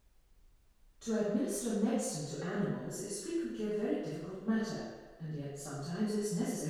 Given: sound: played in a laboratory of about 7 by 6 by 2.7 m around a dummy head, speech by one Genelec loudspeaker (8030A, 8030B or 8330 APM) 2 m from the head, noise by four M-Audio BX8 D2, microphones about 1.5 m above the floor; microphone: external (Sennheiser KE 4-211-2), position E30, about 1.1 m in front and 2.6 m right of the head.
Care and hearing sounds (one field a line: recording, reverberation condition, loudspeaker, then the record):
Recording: female speech in English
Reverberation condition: high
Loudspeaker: 30 degrees to the right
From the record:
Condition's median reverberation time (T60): about 1300 ms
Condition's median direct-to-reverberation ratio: about -4.0 dB